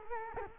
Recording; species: mosquito wingbeat signal from an infrared sensor; Culex quinquefasciatus